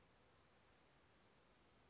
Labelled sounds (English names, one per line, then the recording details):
Brown Creeper
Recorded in Sonoma County, California